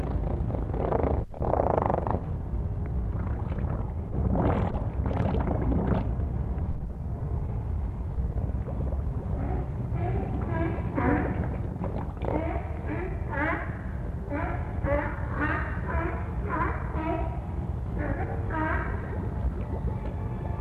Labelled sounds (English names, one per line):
Harbor Seal